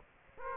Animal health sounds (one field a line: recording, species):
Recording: mosquito wingbeat signal from an infrared sensor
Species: Aedes aegypti